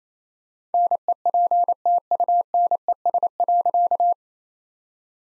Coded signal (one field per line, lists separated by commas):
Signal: Morse code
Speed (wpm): 28 wpm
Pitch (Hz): 700 Hz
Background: none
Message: NEPTUNES.